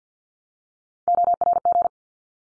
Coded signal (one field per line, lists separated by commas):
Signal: Morse code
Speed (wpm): 50 wpm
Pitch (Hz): 700 Hz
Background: none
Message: ORG